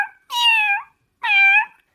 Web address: cat meow